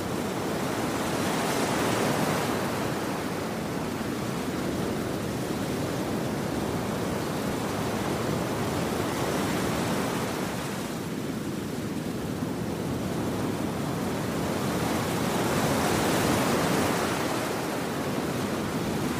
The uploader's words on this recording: Ocean Waves White Noise For Sleeping.